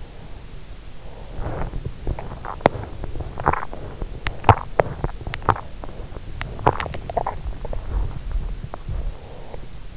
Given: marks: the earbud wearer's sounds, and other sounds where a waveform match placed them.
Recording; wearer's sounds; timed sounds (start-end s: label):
sounds in sleep by an in-ear microphone; teeth grinding
0.00-9.82 s: teeth grinding